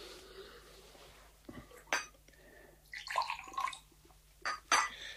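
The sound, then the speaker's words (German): Water splashes into a glass amid a few sharp clinks of glass and dishware, with short bursts of pouring separated by brief pauses, fairly quiet overall. “Hier ist Wasser.”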